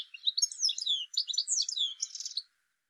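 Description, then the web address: Bird giving a rapid tumbling run of high, squeaky chirps and twitters for about two and a half seconds, then silence. "cianscape birddata"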